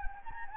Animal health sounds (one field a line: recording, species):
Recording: mosquito wingbeat signal from an infrared sensor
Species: Anopheles gambiae